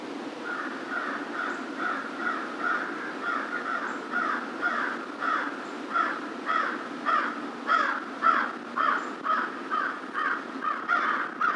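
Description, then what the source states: American crow with a long run of rasping caws, roughly two per second, growing somewhat louder toward the end. Recorded on 2 March 2010.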